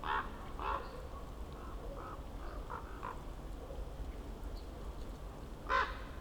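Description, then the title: Common raven calls, rough croaks at the start and one loud croak near the end, with faint softer notes between. Ravens circling above the recordist, who crouched among young beeches on Patnik mountain side, Goworów, Poland, for over ten minutes; New Year's walk; Zoom F4, AT BP4025. "Patnik mountain side, Goworów, Poland - Circling ravens"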